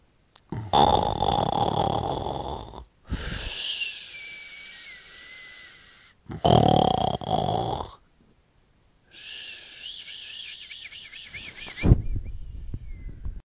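Four loud, rough breathing sounds come in long bursts of about two to three seconds, separated by brief quiet gaps. The low, rattling vibration on each breath is snoring, produced as the relaxed upper airway flutters during sleep.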